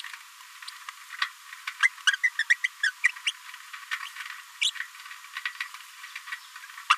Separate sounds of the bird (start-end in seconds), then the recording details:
1.82-1.89, 2.12-2.16, 2.23-2.29, 2.39-2.43, 2.50-2.54, 2.64-2.67, 2.83-2.91, 3.04-3.08, 3.26-3.31, 4.61-4.71, 6.90-6.96. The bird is a female. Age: 29 days. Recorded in a nest box in Venezuela. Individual 17B73B2